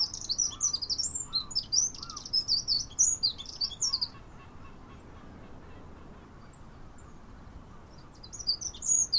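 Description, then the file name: Eurasian wren giving rapid, high-pitched twittering notes in a busy run for about four seconds, then a short burst again near the end; softer, lower chirps beneath. "Troglodytes troglodytes"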